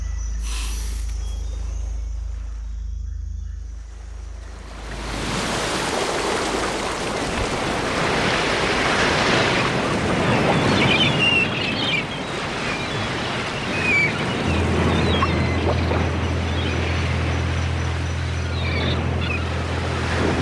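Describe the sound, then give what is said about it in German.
Ocean waves wash steadily through a bay, a broad rushing surf that swells in after a quieter, low rumbling opening and stays loud, with a low steady hum joining later on. “Eine Luftmatratze treibt die Schreibtischplatte unter uns auf den Wellen.”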